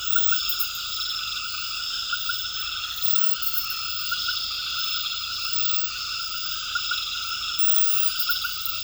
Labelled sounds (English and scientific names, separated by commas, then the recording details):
none
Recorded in pastures near Puerto Asís, Putumayo, Colombia, on 8 March 2025 at 21:30
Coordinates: 0.472, -76.329
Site G074